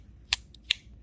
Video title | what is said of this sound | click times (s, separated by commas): BEST MULTI-DEPLOYMENT KNIFE OF 2023 TRIVISA ARIES | it's just snaps into place oh yeah so | 0.3 s, 0.7 s